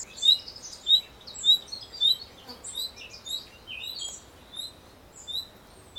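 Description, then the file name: Common nightingale song: many high whistled notes and brief chirps in quick succession, with other faint high bird notes in the background. "Luscinia megarhynchos"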